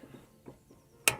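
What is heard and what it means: The hood stay on a Lancia Aurelia B24 Convertible is engaged by raising the bonnet very slowly, since otherwise it falls right back down. A few faint low knocks come first, then a single sharp metallic click at 1.1 s as the stay seats in place.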